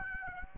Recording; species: mosquito wingbeat signal from an infrared sensor; Aedes aegypti